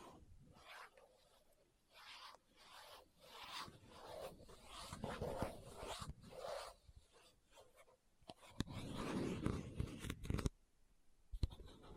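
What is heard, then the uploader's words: Someone rummages through a bag, with rustling, rubbing and scraping in uneven bursts that swell and fade through the first eight seconds. After a short pause comes a steadier rasping stretch, like a zipper or rough fabric being dragged, then near silence with a few faint clicks. ASMR What's In My Bag (No Talking).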